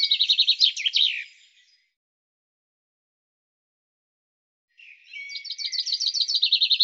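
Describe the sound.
Bird song: the close of one phrase with a descending flourish, a pause of about three seconds, then another rapid high trill beginning.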